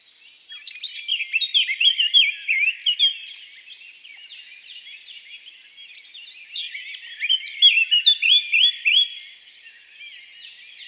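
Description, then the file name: Eurasian blackcap singing two phrases, each starting as a soft scratchy warble and swelling into louder, clearer notes. "Sylvia atricapilla"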